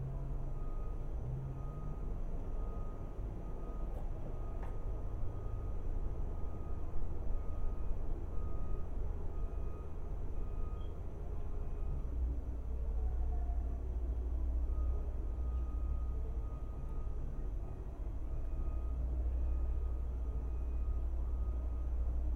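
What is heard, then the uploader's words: A steady low rumble of traffic or a passing train fills the whole stretch, swelling a little after the midpoint. A faint high whine holds throughout, with a couple of brief clicks early on and light, scattered chirps that may be birds. A stereo recording of our backyard. The recording was made near one deciduous tree, and three evergreen trees, two living, one x-mas, next to the fence pictured above.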